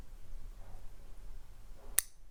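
The steel blade of a Kershaw Shuffle DIY small multi-tool pocket knife is opened close to the microphone, swinging out into the liner lock of the handle. After quiet handling noise, a single sharp, bright click at 2.0 s is the detent ball's early false click, heard before the blade fully extends and the liner lock engages, so the lock is only partly reached.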